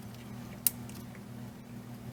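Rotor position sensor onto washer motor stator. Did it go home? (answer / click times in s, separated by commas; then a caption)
yes / 0.7 s. A new plastic rotor position sensor for a Whirlpool Cabrio washer with an F51 error is lined up with the three legs on the motor stator and pushed on by hand. It pops into place with a sharp click at 0.7 s over a steady low hum. The sensor is seated.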